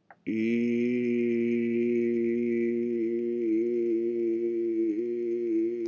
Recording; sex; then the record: sustained vowel /i/; male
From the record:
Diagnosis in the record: healthy control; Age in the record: 60 years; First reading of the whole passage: 60 s, 8.3 characters per second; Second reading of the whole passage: 54 s, 9.4 characters per second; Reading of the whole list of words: 38 s, 7.2 characters per second